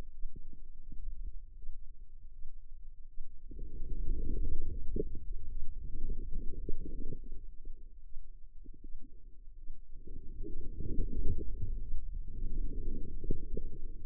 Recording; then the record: forearm muscle sounds (acoustic myography)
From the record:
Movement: inward rotation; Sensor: system 2, bracelet of six BSWA MPA416 microphones around the upper forearm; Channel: 5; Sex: female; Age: 25 years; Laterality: right